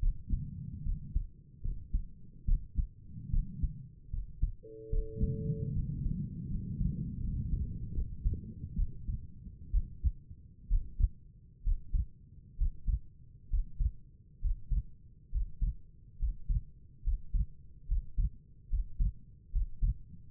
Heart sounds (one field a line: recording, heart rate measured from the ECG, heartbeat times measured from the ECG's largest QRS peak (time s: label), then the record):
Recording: heart sounds by stethoscope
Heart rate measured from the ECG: 71 bpm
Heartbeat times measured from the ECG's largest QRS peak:
0.01 s: heartbeat
0.84 s: heartbeat
1.63 s: heartbeat
2.46 s: heartbeat
3.31 s: heartbeat
4.11 s: heartbeat
4.91 s: heartbeat
5.74 s: heartbeat
6.49 s: heartbeat
7.21 s: heartbeat
7.95 s: heartbeat
8.76 s: heartbeat
9.72 s: heartbeat
10.69 s: heartbeat
11.64 s: heartbeat
12.58 s: heartbeat
13.50 s: heartbeat
14.41 s: heartbeat
15.31 s: heartbeat
16.19 s: heartbeat
17.03 s: heartbeat
17.88 s: heartbeat
18.69 s: heartbeat
19.52 s: heartbeat
From the record:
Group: healthy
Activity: rest 0-6 s, breath hold 6-20 s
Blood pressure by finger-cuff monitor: 90/57 mmHg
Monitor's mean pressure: 66 mmHg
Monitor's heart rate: 71 bpm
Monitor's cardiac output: 5.5 L/min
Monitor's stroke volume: 77 mL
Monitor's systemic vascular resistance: 840 dyn s/cm5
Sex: female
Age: 22 years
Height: 163 cm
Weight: 67.1 kg